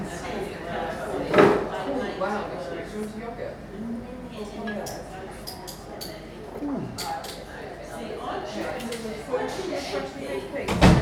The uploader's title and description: Lunchtime in an English Tea Room. A small English Tea room at lunchtime